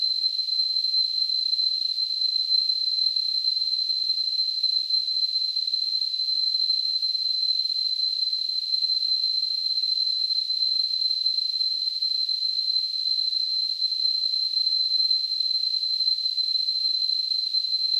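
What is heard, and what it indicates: A steady, unbroken high-pitched tone near 4 kHz rides on a soft hiss for the full 18 seconds, with no change in loudness. It is a simulation of tinnitus, the ringing or whistling heard in the ears without any outside sound.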